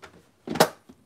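A plastic lid is pressed closed onto an Iris-brand plastic storage case so it latches and won't spill. A faint tap is followed by a short rustling press, then a sharp, bright click at 0.6 s and a soft tap near the end. The lid clicks into place and is seated.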